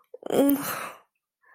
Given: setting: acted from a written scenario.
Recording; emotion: vocal sound without words; distress